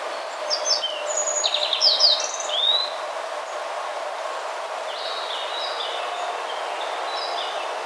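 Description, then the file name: Yellow Bunting singing one high jumble of thin chirps and buzzy slurs, followed by softer, fainter high notes against a constant background hiss. "Emberiza sulphurata"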